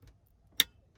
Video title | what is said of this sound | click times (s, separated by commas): 2020 Tundra TRD Pro - Front Camera Install | just click into place yeah | 0.6 s